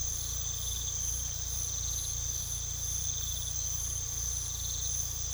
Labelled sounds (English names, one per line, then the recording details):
none
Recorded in pastures near Puerto Asís, Putumayo, Colombia, on 18 December 2024 at 01:30
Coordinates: 0.486, -76.323
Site GP01